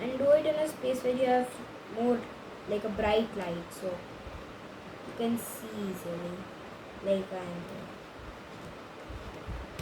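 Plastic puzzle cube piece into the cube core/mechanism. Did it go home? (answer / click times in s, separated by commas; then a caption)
no / none. While reassembling a 4x4 non-magnetic puzzle cube, a plastic piece is tilted and lined up with the cube's core mechanism and watched from the top. Someone talks throughout over faint rustling and steady background noise. The piece has not clicked in yet.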